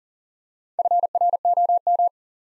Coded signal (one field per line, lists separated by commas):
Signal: Morse code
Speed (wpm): 40 wpm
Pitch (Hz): 700 Hz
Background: none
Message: FROM